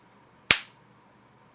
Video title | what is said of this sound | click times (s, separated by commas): This TONGATE Z Fold 7 Case Has A Secret Feature! | And if I let go, snaps back into place. | 0.5 s